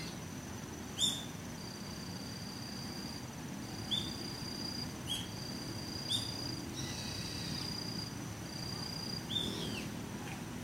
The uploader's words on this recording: Birds singing in the windy trees. 人目につかないところにマイクを放置しといて収録。